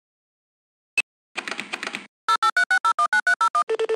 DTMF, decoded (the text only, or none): 0836019301